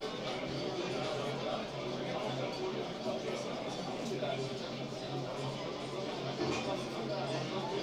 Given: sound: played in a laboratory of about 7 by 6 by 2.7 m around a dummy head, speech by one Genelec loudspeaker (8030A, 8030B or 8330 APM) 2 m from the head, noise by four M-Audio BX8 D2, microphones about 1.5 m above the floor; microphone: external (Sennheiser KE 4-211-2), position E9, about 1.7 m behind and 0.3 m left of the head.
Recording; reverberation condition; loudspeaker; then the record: cafeteria noise; low; four, about 170 cm from the corners of the room and facing them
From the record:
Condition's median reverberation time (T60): about 310 ms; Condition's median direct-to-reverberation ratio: about 3.5 dB